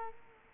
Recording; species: mosquito wingbeat signal from an infrared sensor; Culex quinquefasciatus